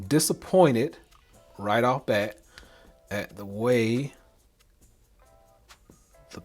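A watch band's spring bar pin is being worked into the case lug of a Samsung Galaxy Watch 4 Classic while someone talks, with faint small ticks near the end. The pin is refusing to go in, and it has not snapped into place yet.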